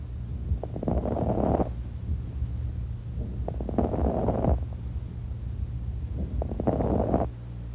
Crackles Fine Rales.